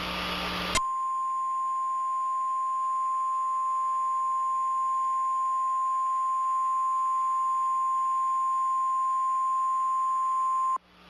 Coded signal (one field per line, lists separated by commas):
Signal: Emergency Alert System (SAME) tones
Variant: 1050 Hz attention tone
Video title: EAS Scenario: Kee hat#s me (FULL)